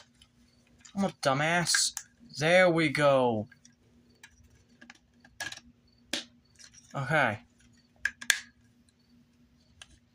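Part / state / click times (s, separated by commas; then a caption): plastic transformation part on a robot action figure / seated / 8.3 s. Someone talks while transforming a plastic Hasbro Transformers Legacy Evolution Nova Prime robot action figure with DNA Design upgrades, pushing a plastic transformation part forward. Light plastic taps and handling clicks lead to a sharp click at 8.3 s as the part locks into place, leaving the figure in a better position.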